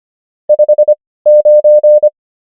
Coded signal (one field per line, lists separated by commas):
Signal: Morse code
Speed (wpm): 25 wpm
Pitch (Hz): 600 Hz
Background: none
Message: 5 9